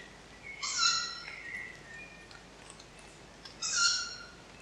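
Tawny owl giving two sharp, harsh calls about three seconds apart, with fainter sliding notes between them over a quiet background.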